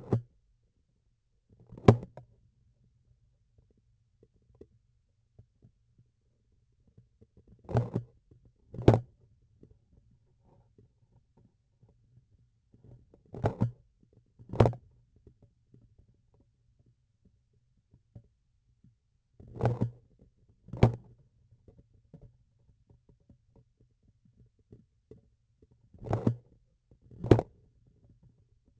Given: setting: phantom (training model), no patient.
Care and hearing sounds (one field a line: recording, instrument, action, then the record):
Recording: laparoscopic instrument, vibration sensor on the handle end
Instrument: grasping forceps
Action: opening and closing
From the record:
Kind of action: tool actuation without material contact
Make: other than Olympus